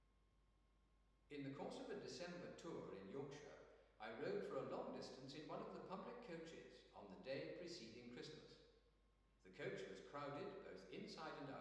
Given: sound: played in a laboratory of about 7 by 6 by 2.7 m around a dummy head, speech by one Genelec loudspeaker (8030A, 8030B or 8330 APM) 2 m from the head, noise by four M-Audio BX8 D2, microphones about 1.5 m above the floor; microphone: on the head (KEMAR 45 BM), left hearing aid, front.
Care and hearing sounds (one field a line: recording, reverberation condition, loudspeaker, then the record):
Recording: male speech in English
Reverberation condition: high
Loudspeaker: 120 degrees to the left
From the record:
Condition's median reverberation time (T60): about 1300 ms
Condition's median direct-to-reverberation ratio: about -4.0 dB